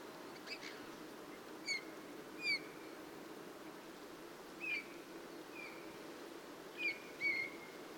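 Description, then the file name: Eurasian bullfinch calling with gentle piping whistles, short clear notes repeated every second or two, some in quick pairs, above faint steady hiss. "Pyrrhula pyrrhula"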